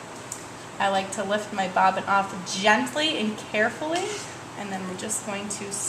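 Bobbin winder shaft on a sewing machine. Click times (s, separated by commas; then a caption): 0.3 s. After enough thread has been wound, the bobbin winder shaft holding a plastic bobbin is slid back into position on a sewing machine and clicks into place with a single short hit at 0.3 s. Someone then talks.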